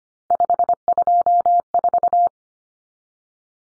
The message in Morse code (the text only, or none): 524